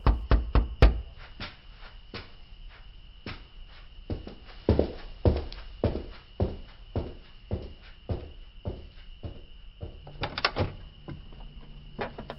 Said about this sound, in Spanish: oí a Wes llamar a mi puerta